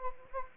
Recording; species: mosquito wingbeat signal from an infrared sensor; Anopheles gambiae